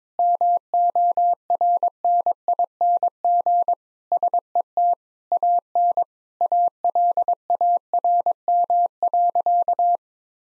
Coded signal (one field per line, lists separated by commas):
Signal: Morse code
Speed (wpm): 22 wpm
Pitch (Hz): 700 Hz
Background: none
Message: MORNING SET AN ALARM.